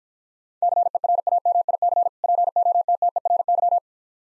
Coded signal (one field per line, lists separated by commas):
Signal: Morse code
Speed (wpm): 49 wpm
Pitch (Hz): 700 Hz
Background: none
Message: CERAMIC POTTERY